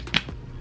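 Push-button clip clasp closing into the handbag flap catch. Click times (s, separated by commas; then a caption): 0.2 s. The push-button clip clasp on a black velvet Gucci Dionysus medium handbag is pressed back into place and closes into the flap catch. A soft tap comes at about 0.1 s, then a sharp, bright click at 0.2 s. The clasp seats and the bag is shut.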